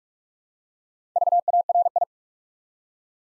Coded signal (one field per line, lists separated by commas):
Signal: Morse code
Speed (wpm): 44 wpm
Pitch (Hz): 700 Hz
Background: none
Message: VARI